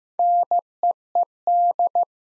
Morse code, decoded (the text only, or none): NEED